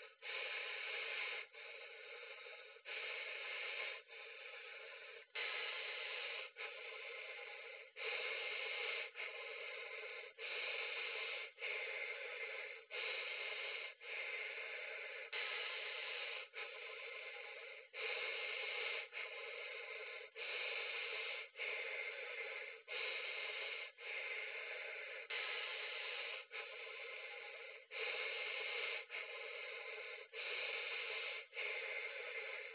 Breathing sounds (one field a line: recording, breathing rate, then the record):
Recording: paced breathing near a phone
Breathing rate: 24 breaths a minute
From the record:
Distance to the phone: 20 cm